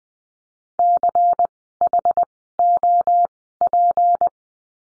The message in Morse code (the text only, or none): CHOP